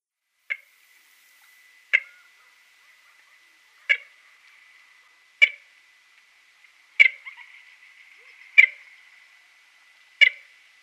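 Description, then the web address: Red-knobbed coot calls: seven abrupt, sharp notes at intervals of about one and a half seconds, with a faint steady high hum underneath. "Red-knobbed Coot"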